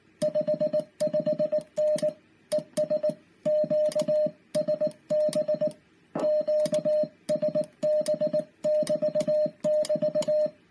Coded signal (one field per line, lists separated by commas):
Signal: Morse code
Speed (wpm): 19 wpm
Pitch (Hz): 610 Hz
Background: music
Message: 55N ES QSB QSB<BT><BT>